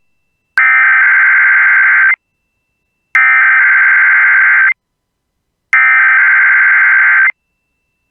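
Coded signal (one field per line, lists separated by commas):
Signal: Emergency Alert System (SAME) tones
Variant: header bursts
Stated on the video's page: Real Required Weekly Test SAME headers relayed by Minnesota broadcast stations, including an LP1 relay, covering Minnesota, Iowa and Wisconsin areas.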